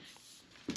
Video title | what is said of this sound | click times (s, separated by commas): Amazon 6 in 1 Cordless Stick Vacuum Cleaner - Testing/Review | Pull that out, and that just drops back down in there, locks into place. | 0.8 s